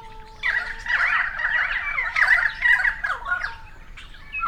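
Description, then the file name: Currawongs squawking together, a thin steady whistle first, then a dense, chattering run of harsh overlapping calls. Several currawongs recorded on 28 May 2013. "130528 Currawongs"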